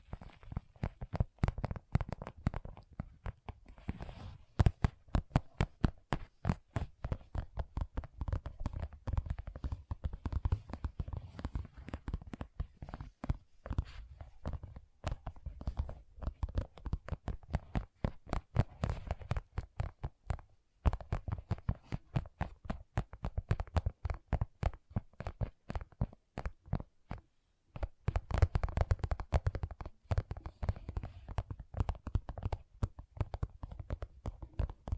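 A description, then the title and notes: Gentle tapping runs through the whole recording, a fast stream of soft, dry taps with a warm low thud beneath each one. The rhythm is irregular, loosening and thickening in patches, with brief pauses near 20 and 27 seconds. ASMR Gentle Tapping. (No Talking).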